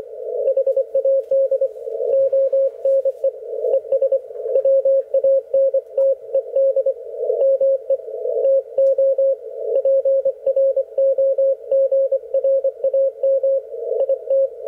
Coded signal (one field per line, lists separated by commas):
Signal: Morse code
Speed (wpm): 25 wpm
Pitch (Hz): 530 Hz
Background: radio noise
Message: HAD ONE ES WANTED ME TO PROGRAM IT